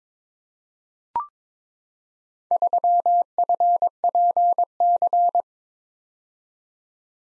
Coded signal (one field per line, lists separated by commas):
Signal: Morse code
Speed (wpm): 22 wpm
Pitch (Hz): 700 Hz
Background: none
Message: 3FPC